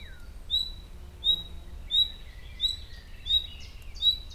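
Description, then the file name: Common nightingale calls: a short, high whistled note repeated about every two-thirds of a second, with softer chirps from other birds behind. "Luscinia megarhynchos"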